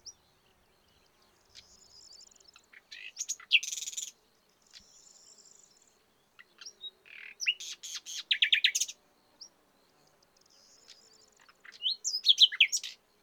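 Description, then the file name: Common nightingale song: soft high whistles followed by loud phrases of fast, repeated clicking and rattling notes, three phrases separated by brief silences. "Luscinia megarhynchos"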